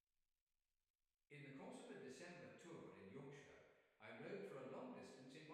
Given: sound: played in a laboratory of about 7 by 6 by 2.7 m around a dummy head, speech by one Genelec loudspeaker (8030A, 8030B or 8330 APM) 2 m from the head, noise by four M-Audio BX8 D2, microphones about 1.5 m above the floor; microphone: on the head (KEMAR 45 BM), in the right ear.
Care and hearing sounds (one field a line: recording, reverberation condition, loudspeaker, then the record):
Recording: male speech in English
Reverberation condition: high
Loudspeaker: 90 degrees to the left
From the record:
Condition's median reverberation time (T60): about 1300 ms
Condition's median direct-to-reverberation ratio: about -4.0 dB